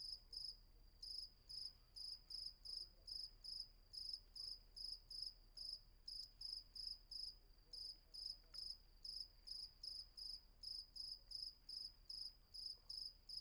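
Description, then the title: Cricket giving a steady series of shrill chirps, about two and a half per second, rhythm slightly uneven, over low background noise. Night ambience at Vagia on Patmos, Greece; recorded with a Fostex FR-2 and MKH800 microphone. "Patmos, Vagia, Griechenland - Nachtsimmung 03, Grillen"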